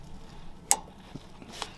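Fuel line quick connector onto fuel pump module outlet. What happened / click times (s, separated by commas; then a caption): The quick connector clicked home / 0.7 s. A fuel line quick-connect fitting on a Nissan 370Z is pushed onto the fuel pump module outlet and seats with a sharp click at 0.7 s. A quieter tick follows at 1.6 s, and a pull back on the fitting confirms it is secure.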